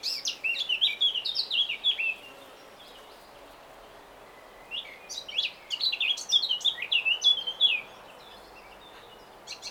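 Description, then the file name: Eurasian blackcap song: two lively warbled phrases of rapid, varied notes separated by a quiet gap, with a brief note at the very end. "Sylvia atricapilla"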